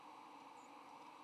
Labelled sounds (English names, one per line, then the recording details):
White-throated Sparrow flight call
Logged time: 06:58 on 8 November 2014